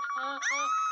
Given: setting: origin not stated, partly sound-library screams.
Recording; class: one-second piece from a danger detection set; woman in danger